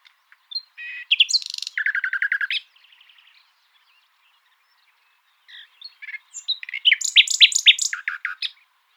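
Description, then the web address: Common nightingale song in two phrases split by a pause: a rattling series of rapid repeated notes, then after silence a rich burst of loud, sharp repeated notes. "luscinia megarhynchos call"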